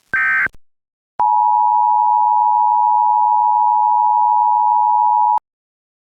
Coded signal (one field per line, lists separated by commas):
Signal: Emergency Alert System (SAME) tones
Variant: 853 and 960 Hz attention tone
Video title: EAS Scenario - The Cube Part 2